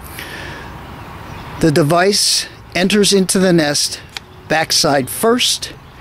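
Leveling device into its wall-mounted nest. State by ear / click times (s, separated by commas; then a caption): not seated / none. A Revo RV leveler device is brought up to its wall-mounted nest on the trailer and guided in backside first while someone talks. Nothing has seated or clicked into the nest yet.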